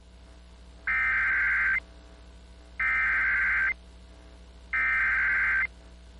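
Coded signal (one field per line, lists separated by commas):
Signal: Emergency Alert System (SAME) tones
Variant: header bursts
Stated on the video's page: Real EAS alerts received during a derecho in Siouxland.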